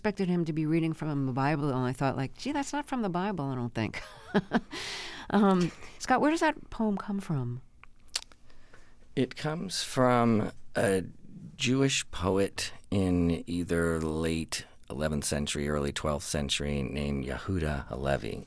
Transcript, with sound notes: I expected him to be reading from the Bible. And I thought, like, gee, that's not from the Bible, I don't think (laughter). Scott, where does that poem come from?
It comes from a Jewish poet in either late 11th century or early 12th century named Yehuda Halevi.